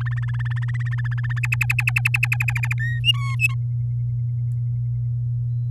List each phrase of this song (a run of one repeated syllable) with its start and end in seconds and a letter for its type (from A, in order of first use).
0.01-1.39 A, 1.43-2.73 B, 2.77-2.99 C, 3.03-3.54 D